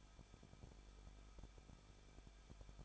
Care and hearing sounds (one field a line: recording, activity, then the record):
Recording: daily activity, microphone in the room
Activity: no activity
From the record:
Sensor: 5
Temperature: 20.8 degrees Celsius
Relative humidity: 38.3%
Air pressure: 1006.6 hPa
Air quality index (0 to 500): 186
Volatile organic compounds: 18 ppm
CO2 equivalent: 2602 ppm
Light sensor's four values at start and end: 2/3/1/1 and 2/3/1/1